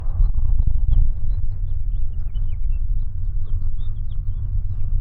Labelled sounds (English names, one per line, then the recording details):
House Finch song
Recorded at Babylon on Long Island, New York, on 22 May 1975
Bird A